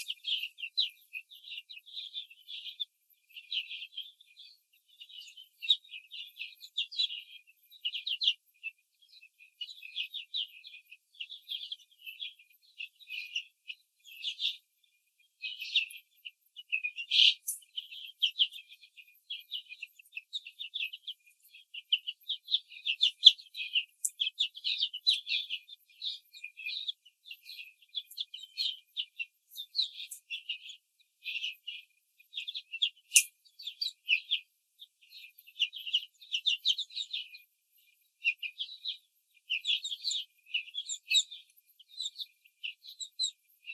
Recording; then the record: young laying hens in a cage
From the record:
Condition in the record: control cage, after the stress test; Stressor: none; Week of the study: 4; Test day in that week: 3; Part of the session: 3